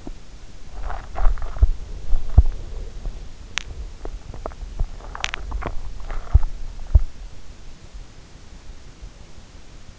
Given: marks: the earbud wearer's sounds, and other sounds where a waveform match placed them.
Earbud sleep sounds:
sounds in sleep by an in-ear microphone; teeth grinding
0.00-2.82 s: teeth grinding
3.50-7.45 s: teeth grinding

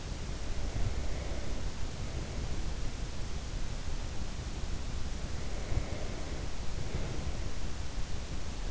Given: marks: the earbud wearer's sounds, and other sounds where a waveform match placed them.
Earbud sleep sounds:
sounds in sleep by an in-ear microphone; breath
0.27-3.39 s: breath
4.62-8.71 s: breath

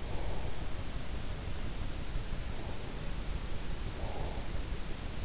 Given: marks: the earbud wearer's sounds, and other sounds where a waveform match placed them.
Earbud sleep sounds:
sounds in sleep by an in-ear microphone; breath
0.00-0.66 s: breath
3.84-4.46 s: breath

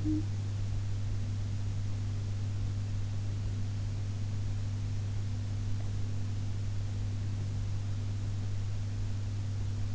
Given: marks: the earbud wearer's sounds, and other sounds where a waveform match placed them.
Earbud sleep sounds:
sounds in sleep by an in-ear microphone; talking in sleep
0.00-0.33 s: talking in sleep

